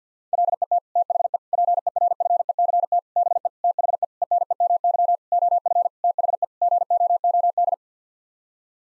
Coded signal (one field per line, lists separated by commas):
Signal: Morse code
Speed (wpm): 50 wpm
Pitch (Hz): 700 Hz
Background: none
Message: LET THE PERFECT BE THE ENEMY OF THE GOOD